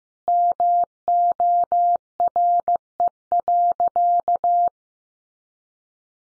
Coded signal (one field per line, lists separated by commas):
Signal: Morse code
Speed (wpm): 15 wpm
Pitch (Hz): 700 Hz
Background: none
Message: MORE.